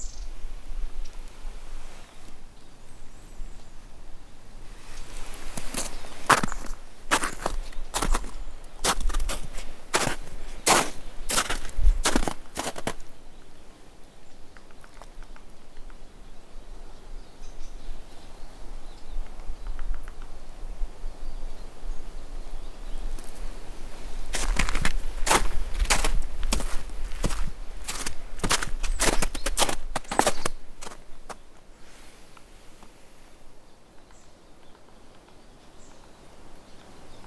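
Natural sounds along a walking path, with a low outdoor hum underneath. Two runs of sharp, crunchy steps pass by, the first from about five to thirteen seconds and the second from about twenty-four to thirty-one, with quieter stretches between them.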